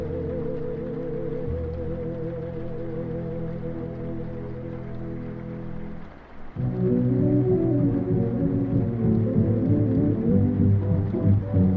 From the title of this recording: Oldies music playing in another room and it's raining